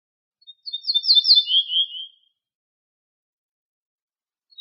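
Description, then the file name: Ortolan bunting gives one song, a row of ringing high notes followed by a couple of lower notes. "suara kicauan ortolan"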